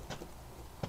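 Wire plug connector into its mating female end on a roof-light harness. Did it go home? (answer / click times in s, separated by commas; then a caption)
no / none. A small male wire plug connector is pushed into its mating female end on the roof-light harness while wiring new exterior roof lights on a 1989 Marmon. Quiet handling noise is heard, with a brief louder knock at 0.8 s, but nothing has snapped or clicked into place. The connector is joined but the snap-lock has not engaged, and it comes undone moments later.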